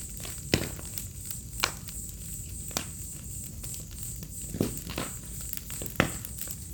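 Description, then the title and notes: High, unbroken cricket trilling forms the background, with a handful of loud snaps from a crackling fire. "Fogueira, grilos e estalar do fogo relaxante e inspirador - Bonfire, crickets, firecrackling relaxing and inspiring. Ouça ao estalar do fogo e uma sinfonia de grilos em uma noite de outono. - Listen to fire crackling and a symphony of crickets on an autumn night. Vila em meio a Mata Atlântica. - Village in the middle of a Mata Atlântica rainforest"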